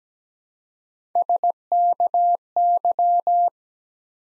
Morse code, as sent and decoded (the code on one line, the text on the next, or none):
... -.- -.--
SKY